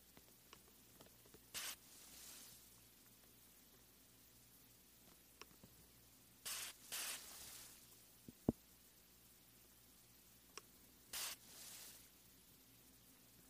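Mic brushing on a bare grill comes in three bursts of sharp hissing swipes, each trailing into softer brushing, with faint clicks between and a low hum underneath.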